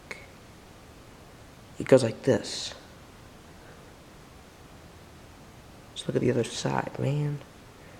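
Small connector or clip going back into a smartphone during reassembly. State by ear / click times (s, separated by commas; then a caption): not seated / none. While reassembling an iPhone 3GS, a small connector or clip on one side of the phone is being pressed back into place. A brief sharp tick sounds at 0.1 s over quiet background, and someone talks twice, around 1.9–2.7 s and 6.0–7.3 s. Nothing has seated or clicked into place yet.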